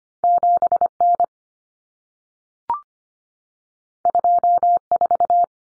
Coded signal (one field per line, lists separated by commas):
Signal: Morse code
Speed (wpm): 25 wpm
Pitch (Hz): 700 Hz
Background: none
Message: 7N 24